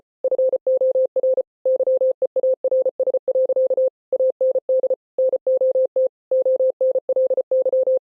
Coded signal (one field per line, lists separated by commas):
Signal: Morse code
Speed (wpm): 33 wpm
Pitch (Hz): 520 Hz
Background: none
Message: FOR YEARS. AND NOT ONLY